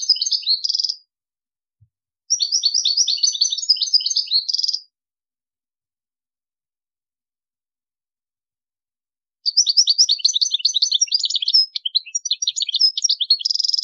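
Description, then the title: European goldfinch song, quick tinkling twittering phrases with buzzy trills, two bursts at the start, a pause of several seconds, then a longer run of twitters. "Chant Chardonneret"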